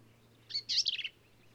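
Black-capped vireo song phrase: one quick, harsh, sputtering burst of high chattering notes.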